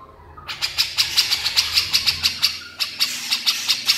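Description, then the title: Horsfield's bush lark song: steady stream of sharp, ringing high notes, about five per second, with one short break midway. Very vigorous song used as a training recording (masteran) for cage birds. "MASTERAN AMPUH KICAUAN BRANJANGAN SUPER GACOR"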